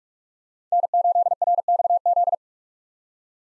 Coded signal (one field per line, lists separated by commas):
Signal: Morse code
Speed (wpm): 44 wpm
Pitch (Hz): 700 Hz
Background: none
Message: N8RXZ